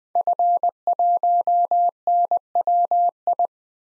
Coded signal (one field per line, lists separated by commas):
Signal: Morse code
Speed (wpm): 21 wpm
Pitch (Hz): 700 Hz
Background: none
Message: F1NWI